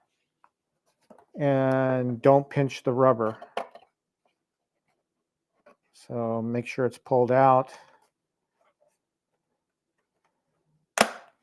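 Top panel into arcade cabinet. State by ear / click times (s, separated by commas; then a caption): seated / 11.0 s. Someone talks while the top panel of an arcade cabinet kit is pressed into place, with care taken not to pinch the rubber trim. After a quiet stretch, a single sharp, loud snap at 11.0 s marks the top panel seating into the cabinet.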